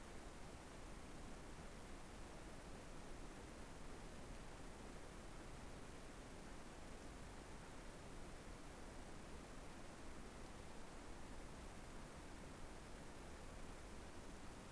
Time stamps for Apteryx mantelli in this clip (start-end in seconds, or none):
none